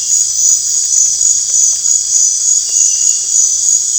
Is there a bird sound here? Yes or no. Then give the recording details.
no. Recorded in dense forest near Puerto Asís, Putumayo, Colombia, on 22 December 2024 at 19:00. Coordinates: 0.468, -76.322. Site G071